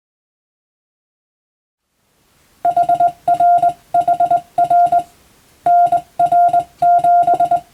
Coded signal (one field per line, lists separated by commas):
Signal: Morse code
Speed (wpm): 20 wpm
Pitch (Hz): 700 Hz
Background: none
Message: HR HR NR7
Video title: モールス信号を操る匠の技！スマホ時代の今でも行われている国家試験の練習風景です。アマチュア無線ハムの受信練習にもどうぞ(morse code practice for radio operator )